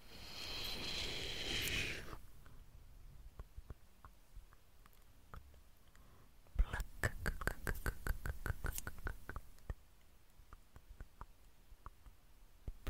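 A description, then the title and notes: Scissor snips, plucking and mouth sounds: a dense rustling burst for two seconds, then sparse clicks and a rapid run of sharp snaps midway. ASMR PLUCKING AND PULLING WITH LAYERED SOUNDS, SCISSORS, MOUTH SOUNDS, HAND SOUNDS.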